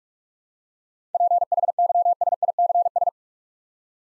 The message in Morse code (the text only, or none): PHYSICS